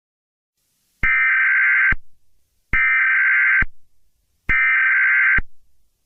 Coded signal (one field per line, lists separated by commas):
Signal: Emergency Alert System (SAME) tones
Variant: header bursts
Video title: Eas Scenario 020 - The COLDEST Day in The History of the World